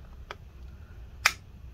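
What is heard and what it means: A plastic keycap on a MacBook butterfly key mechanism is pried with two fingers until one of its clips snaps free with a sharp click at 1.3 s, releasing that clip. A fainter tick comes earlier at 0.3 s over a quiet low hum.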